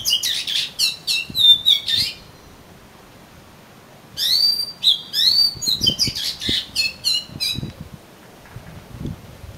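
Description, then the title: Oriental magpie-robin singing rapid, varied whistles and chattering notes in two bursts separated by a two-second pause, with faint low knocks in the background. "Kacer Kacer"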